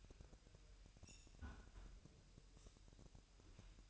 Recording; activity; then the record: daily activity, microphone in the room; close fridge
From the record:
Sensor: 2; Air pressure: 1001.8 hPa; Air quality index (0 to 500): 248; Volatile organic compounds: 36 ppm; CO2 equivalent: 3083 ppm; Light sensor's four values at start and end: 8/28/11/10 and 8/28/11/10